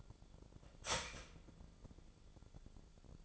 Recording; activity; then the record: daily activity, microphone in the room; start toaster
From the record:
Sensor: 5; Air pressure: 1000.3 hPa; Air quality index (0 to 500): 125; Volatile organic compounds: 2 ppm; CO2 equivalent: 992 ppm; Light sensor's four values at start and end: 83/195/83/90 and 83/195/83/90